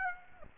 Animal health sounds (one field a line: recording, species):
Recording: mosquito wingbeat signal from an infrared sensor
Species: Aedes aegypti